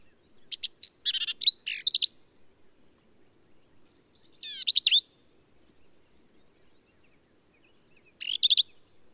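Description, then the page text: Black-capped Vireo song: short, varied phrases of high chirps and buzzy slurs, sung in three bursts with long pauses between. Male, believed same individual throughout; endangered per U.S. Fish and Wildlife Service; phrases sung alone, truncated, embellished or run together, lively and emphatic; Kerr Wildlife Management Area, Hunt, Texas hill country. "Birdsong for the Curious Naturalist. Black-capped vireo"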